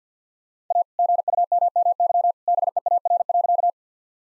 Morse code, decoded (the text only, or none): A GUMMY BEAR.